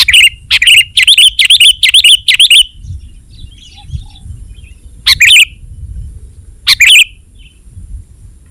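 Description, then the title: Sooty-headed bulbul song: a lively string of rapid chirped notes, then two separate bright phrases after a pause, over soft low noise. "kutilang"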